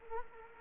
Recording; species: mosquito wingbeat signal from an infrared sensor; Culex quinquefasciatus